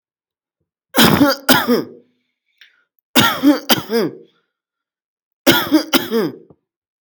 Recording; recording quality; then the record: heavy voluntary cough; excellent, no background noise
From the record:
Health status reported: healthy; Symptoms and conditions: none ticked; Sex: male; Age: 26 years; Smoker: not ticked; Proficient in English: yes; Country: India